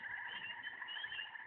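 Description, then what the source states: Tree frogs calling in a dense chorus, a steady overlapping trill of high pulsed notes without pause. Several tree frogs, recorded at night, 21:47 on 2019-05-17.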